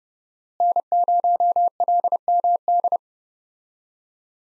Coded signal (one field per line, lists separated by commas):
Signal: Morse code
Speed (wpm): 30 wpm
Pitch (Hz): 700 Hz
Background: none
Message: N0LMD